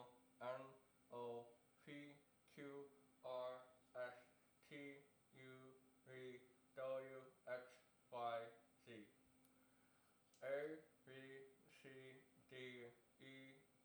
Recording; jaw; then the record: letters of the alphabet, spoken; constrained by a bite bar between the teeth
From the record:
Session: first day, right after the free take